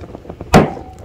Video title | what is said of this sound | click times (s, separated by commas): Hogg Cooler, is it the one to buy? | like i said these are really stout you hear it pop on there | 0.5 s